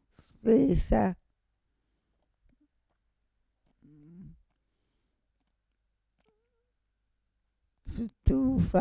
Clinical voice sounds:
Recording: read list of words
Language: Italian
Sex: female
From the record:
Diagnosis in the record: Parkinson's disease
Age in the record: 65 years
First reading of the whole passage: 242 s, 2.1 characters per second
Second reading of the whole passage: 180 s, 2.9 characters per second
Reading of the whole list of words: 168 s, 1.7 characters per second

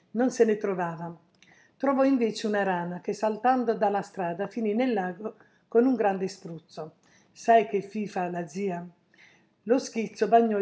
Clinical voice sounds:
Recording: read passage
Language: Italian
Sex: female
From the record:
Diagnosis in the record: healthy control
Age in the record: 69 years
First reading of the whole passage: 57 s, 9.1 characters per second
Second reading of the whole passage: 50 s, 10.4 characters per second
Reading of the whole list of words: 47 s, 6.0 characters per second

